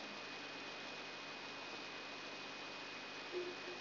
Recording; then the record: brain microelectrode recording played as sound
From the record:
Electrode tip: outside the subthalamic nucleus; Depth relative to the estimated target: -3 mm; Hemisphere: right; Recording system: AlphaMap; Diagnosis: Parkinson's disease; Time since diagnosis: 11 years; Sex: female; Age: 62 years